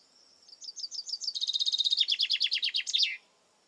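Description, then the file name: Common chaffinch song, one phrase of about three seconds: sweet repeated notes accelerate and descend into a strong rattling series, finishing with a sharp terminal flourish. "Fringilla coelebs"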